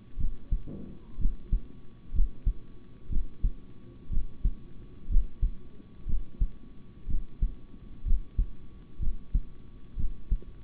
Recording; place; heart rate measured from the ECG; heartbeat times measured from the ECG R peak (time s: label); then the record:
heart sounds by stethoscope; between the tricuspid and mitral areas; 61 bpm
0.17 s: heartbeat
1.18 s: heartbeat
2.12 s: heartbeat
3.09 s: heartbeat
4.10 s: heartbeat
5.08 s: heartbeat
6.06 s: heartbeat
7.07 s: heartbeat
8.04 s: heartbeat
8.99 s: heartbeat
9.96 s: heartbeat
From the record:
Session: rest, sitting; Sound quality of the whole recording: good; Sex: male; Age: 26 years